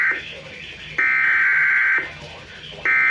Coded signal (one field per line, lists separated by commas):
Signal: Emergency Alert System (SAME) tones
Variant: header bursts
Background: speech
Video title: EAS: WSOX SVR Relay (8/28/20)(EAS #472)